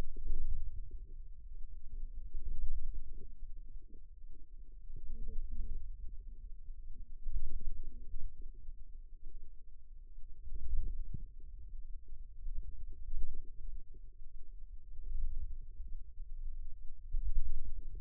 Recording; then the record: forearm muscle sounds (acoustic myography)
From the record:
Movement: wrist extension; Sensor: system 2, bracelet of six BSWA MPA416 microphones around the upper forearm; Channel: 6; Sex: female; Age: 22 years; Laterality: right